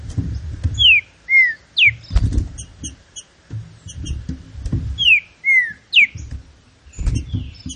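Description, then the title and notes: Green-winged saltator repeating the same whistled phrase twice, about four seconds apart, each a run of sweeping downward slurs, with chirps and low thumps around them. Classic song style, used for training birds. "Canto Clássico Trinca Ferro TREINAMENTO. trinca fero"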